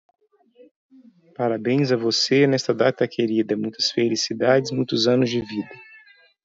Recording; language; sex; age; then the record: short text; Brazilian Portuguese; male; 40 to 49 years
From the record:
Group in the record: control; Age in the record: 41 years